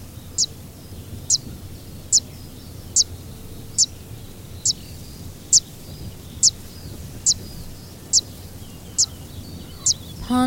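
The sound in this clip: Fan-tailed warbler uttering crisp, high-pitched 'zit' calls steadily about every second over light hiss, followed by a short loud bump at the end.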